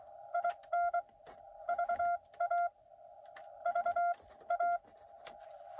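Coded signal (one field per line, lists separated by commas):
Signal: Morse code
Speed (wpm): 23 wpm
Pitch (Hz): 700 Hz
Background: none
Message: IN VA VA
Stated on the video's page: Cootie (sideswiper) keyed POTA activation in rain, Xiegu X6100 at 5 watts into 20M and 40M hamsticks; park-to-park contacts included.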